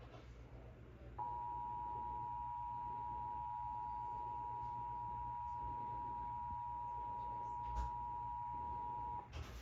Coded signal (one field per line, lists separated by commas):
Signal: Emergency Alert System (SAME) tones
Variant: 853 and 960 Hz attention tone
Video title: (EAS #517) Severe Thunderstorm Warning for Rock, Wisconsin